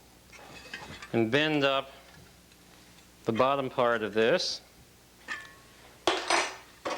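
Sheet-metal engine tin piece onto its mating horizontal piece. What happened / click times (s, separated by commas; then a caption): The sheet-metal piece is being bent and handled but has not yet seated / none. During a Porsche 356/912 engine build, the bottom part of a sheet-metal engine tin piece is bent up with pliers before it goes onto its mating horizontal piece, with metallic handling clinks around 0.7, 6.1, 6.9 and 7.0 seconds. Someone talks throughout. Nothing has seated or snapped into place yet.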